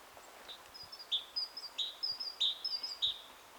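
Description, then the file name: Great tit: a run of high two-note phrases repeated steadily against a soft hiss of background noise. "Parus major"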